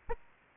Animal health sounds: mosquito wingbeat signal from an infrared sensor; Aedes aegypti

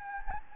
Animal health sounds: mosquito wingbeat signal from an infrared sensor; Anopheles gambiae

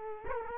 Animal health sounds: mosquito wingbeat signal from an infrared sensor; Culex quinquefasciatus

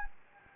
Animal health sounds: mosquito wingbeat signal from an infrared sensor; Anopheles gambiae

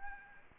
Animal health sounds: mosquito wingbeat signal from an infrared sensor; Aedes albopictus

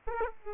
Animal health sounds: mosquito wingbeat signal from an infrared sensor; Aedes aegypti

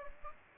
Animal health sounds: mosquito wingbeat signal from an infrared sensor; Aedes aegypti

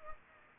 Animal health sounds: mosquito wingbeat signal from an infrared sensor; Anopheles gambiae

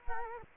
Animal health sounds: mosquito wingbeat signal from an infrared sensor; Culex quinquefasciatus

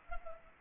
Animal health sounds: mosquito wingbeat signal from an infrared sensor; Culex pipiens

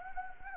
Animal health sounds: mosquito wingbeat signal from an infrared sensor; Anopheles gambiae

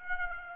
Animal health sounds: mosquito wingbeat signal from an infrared sensor; Aedes aegypti

